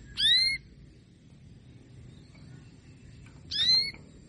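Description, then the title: Canary making two clear call notes about three seconds apart against a faint low hum. Female Belgian canary sound, played to stimulate lazy males into singing and to warm up young canaries. "Canto Para Esquentar Canário Belga. SUARA KENARI BETINA AMPUH memancing jantan malas bunyi kenari paud jadi gacor"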